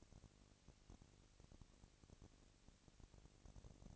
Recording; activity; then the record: daily activity, microphone in the room; no activity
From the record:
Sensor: 4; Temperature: 22.5 degrees Celsius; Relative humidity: 33.4%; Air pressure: 999.7 hPa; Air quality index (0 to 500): 230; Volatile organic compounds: 20 ppm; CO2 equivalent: 2703 ppm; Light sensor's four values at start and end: 2/3/1/1 and 2/3/1/1